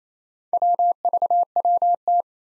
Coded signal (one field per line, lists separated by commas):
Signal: Morse code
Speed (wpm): 27 wpm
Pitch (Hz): 700 Hz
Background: none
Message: WVWT